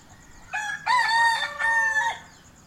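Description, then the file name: Chicken: rooster gives a single clear cock-a-doodle-doo, a short first note then a long strained middle and a sustained final syllable that trails off. Morning cockcrows. "morning cockcrows ambience-loop"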